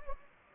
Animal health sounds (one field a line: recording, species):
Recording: mosquito wingbeat signal from an infrared sensor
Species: Anopheles gambiae